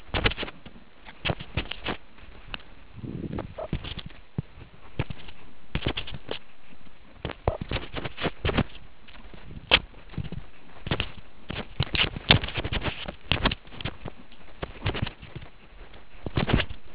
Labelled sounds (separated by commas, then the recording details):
meerkat close call
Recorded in the Kuruman River Reserve, South Africa
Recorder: an audio tag on a meerkat's collar